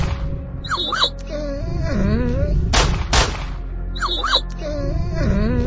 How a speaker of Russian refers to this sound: Схватив пистолет двумя руками, я с первого выстрела вложил псевдособаку, подскочившую почти впритык к аномалии.